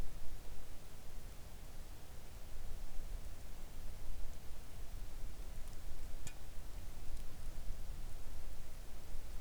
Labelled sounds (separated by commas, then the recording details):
rain
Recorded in the Arctic National Wildlife Refuge, Alaska, on 3 August 2019 at 05:42
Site 41